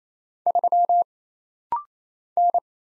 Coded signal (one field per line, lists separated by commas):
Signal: Morse code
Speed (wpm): 28 wpm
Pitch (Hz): 700 Hz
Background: none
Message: 3 N